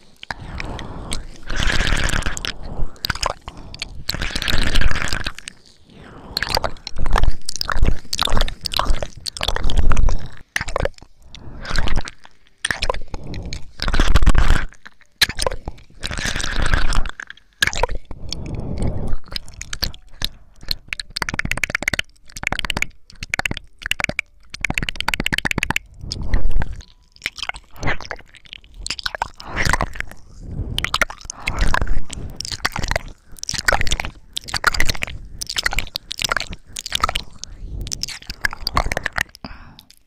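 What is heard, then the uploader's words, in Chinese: Ear licking and wet mouth sounds continue through the whole clip: squishy smacks, clicks and slurps in quick, uneven bursts, with brief silent gaps between clusters. The sounds are crisp and hissy at the top and stay fairly steady in loudness. 舔耳+口腔音。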